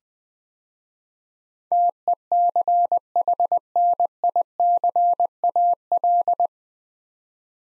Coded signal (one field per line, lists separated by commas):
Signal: Morse code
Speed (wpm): 21 wpm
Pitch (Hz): 700 Hz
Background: none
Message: TECHNICAL